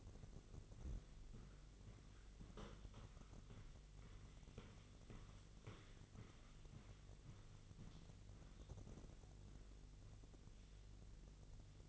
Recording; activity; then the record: daily activity, microphone in the room; walk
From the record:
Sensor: 4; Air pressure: 1002.4 hPa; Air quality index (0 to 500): 215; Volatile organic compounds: 11 ppm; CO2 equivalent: 2320 ppm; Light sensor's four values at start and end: 20/70/26/26 and 20/70/26/26